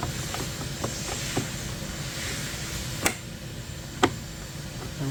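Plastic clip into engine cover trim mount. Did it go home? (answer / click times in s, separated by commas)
yes / 3.1 s, 4.0 s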